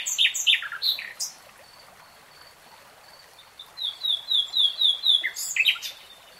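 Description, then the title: Nightingale singing a few varied chirped notes, a pause with faint high notes, then a rhythmic series of sharp pulsed notes. Singing in real time. "[Tiếng chim hót] REALTIME Nightingale Singing"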